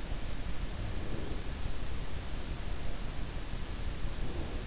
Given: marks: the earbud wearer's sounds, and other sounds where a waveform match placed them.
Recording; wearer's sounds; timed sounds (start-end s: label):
sounds in sleep by an in-ear microphone; breath
0.96-1.44 s: breath
4.16-4.61 s: breath